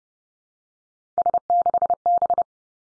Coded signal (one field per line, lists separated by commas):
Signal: Morse code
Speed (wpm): 30 wpm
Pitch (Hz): 700 Hz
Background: none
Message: S6B